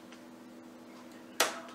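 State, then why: Seated. A second M.2 NVMe SSD is pushed into the motherboard's M.2 slot. Over a quiet background hum, a single sharp click sounds at 1.4 s and rings out briefly, as the drive seats in the slot.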